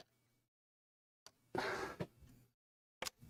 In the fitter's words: There we go. You just line it up, push it, and it clicks in place.